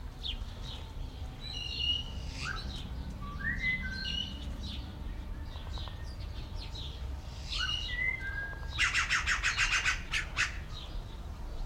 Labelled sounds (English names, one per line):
Crested Oropendola